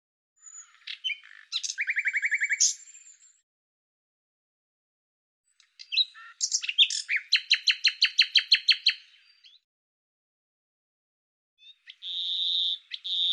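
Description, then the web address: Bird calls in three bursts: rapid trilled chirps, then a long fast series of buzzy repeated notes, then a steady tonal note near the end, with silent gaps between. "Deverinetal 2025"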